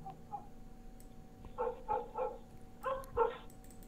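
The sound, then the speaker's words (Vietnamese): A pack of village dogs bark at midnight, set off by a man's scream, in two quick flurries, several sharp, mid-pitched barks tumbling over one another after a quiet start, set against a low, steady background hum. “Vẫn biết bây giờ là nửa đêm, khu này chẳng ai lai vãng, nhưng mà tiếng hét của lão Kha làm cho bầy chó ở trong làng đua nhau sủa lên dâm gian ông ỏng đến điên cả người.”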